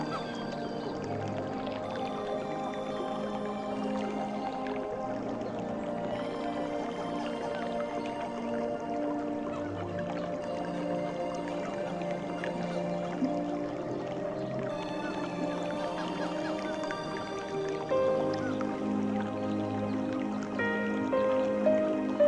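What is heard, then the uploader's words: Soft sustained music with mellow held tones plays steadily over a faint wash of trickling water, gently swelling louder near the end. Peaceful Relaxing Music and Calming Nature Water Sounds.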